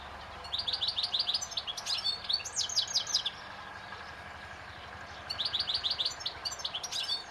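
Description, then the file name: European goldfinch song: rapid liquid twittering and buzzy trills in two bursts separated by a pause of about two seconds, with faint background hiss. "Carduelis carduelis"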